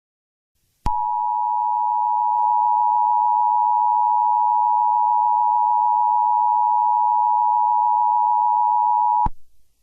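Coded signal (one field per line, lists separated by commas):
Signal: Emergency Alert System (SAME) tones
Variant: 853 and 960 Hz attention tone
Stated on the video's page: Fictional EAS scenario, not a real alert.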